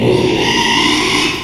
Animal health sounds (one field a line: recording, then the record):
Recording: squeal of a Yucatan mini pig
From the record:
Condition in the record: after surgery on the right vocal fold (resection and tissue-engineered implant)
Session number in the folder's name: 1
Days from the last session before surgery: 6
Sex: male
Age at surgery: 12 weeks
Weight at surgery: 13 kg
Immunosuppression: cyclosporine, prednisolone